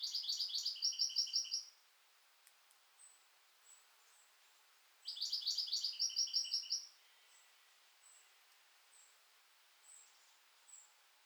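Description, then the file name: European goldfinch delivering two fast, tinkling twittered bursts, followed by soft, thin high notes. "Carduelis carduelis"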